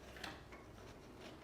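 Electrical wire connectors are handled and pushed toward a new Bosch dishwasher door actuator with a plastic housing. Soft rubbing and handling noises are heard, with one brief sharp tap at 0.2 s. Nothing has seated or clicked yet.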